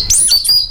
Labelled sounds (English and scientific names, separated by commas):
Stitchbird (Notiomystis cincta) song